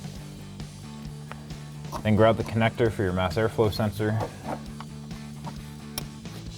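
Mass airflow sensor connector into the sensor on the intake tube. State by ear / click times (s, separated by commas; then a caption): seated / 6.0 s. A plastic wiring connector for the mass airflow sensor is pushed onto the sensor on a new AFE Momentum GT cold air intake tube on a 2003-2024 4.0L 4Runner, while someone talks over background music. A sharp, short click is heard at 6.0 s as the connector seats.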